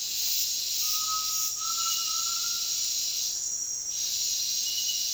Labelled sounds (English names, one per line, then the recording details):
Undulated Tinamou
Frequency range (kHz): Undulated Tinamou 0.6-1.9 kHz
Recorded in dense forest near Puerto Asís, Putumayo, Colombia, on 18 February 2024 at 08:30
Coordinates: 0.466, -76.327
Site G6413